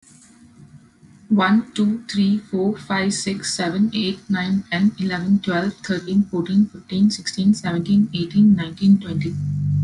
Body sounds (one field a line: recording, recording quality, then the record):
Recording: counting at a fast pace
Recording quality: excellent, no background noise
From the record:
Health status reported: healthy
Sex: female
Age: 26 years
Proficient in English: yes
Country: United States